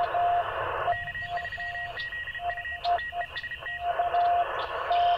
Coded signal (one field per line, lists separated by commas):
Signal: Morse code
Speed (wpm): 32 wpm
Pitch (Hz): 1900 Hz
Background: radio noise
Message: K3ZU TEST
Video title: Ham Radio Camping | Yaesu 891 | HyEndFed Antenna